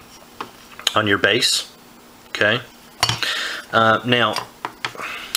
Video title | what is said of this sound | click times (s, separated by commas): Primus Express Stove w/ LiTech Cookware | and what this does is this just simply just snaps into place here | 0.4 s